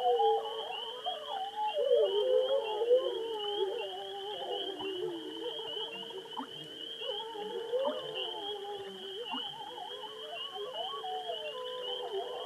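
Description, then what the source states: Wolf chorus of several overlapping howls, tones bending and wavering against each other without pause, over a constant faint high-pitched hiss. Several wolves.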